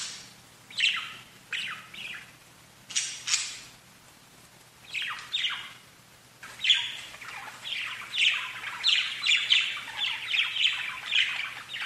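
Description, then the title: Budgerigar chirps coming in scattered bursts at first, then a busy run of fast scratchy warbling notes, with a low steady hum underneath. "Budgie Sounds"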